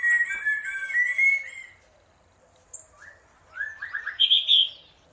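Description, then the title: Bird singing a fast run of whistled, warbling notes, then a short gap, a lone thin note and a rising series ending in high sharp chirps. Birdsong used as a masteran for training songbirds. "Masteran Burung"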